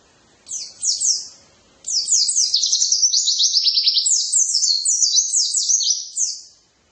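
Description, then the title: White-eye song: two short high chirps, a brief pause, then a long unbroken stream of quick, high, jumbled twittering notes that fades out. "pleci"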